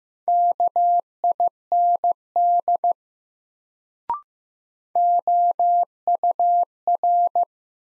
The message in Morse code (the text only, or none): KIND OUR